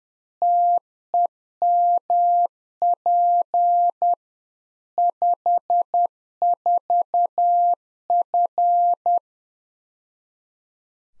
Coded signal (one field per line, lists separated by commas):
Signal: Morse code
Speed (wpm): 10 wpm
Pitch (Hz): 700 Hz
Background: none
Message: TEMP 54F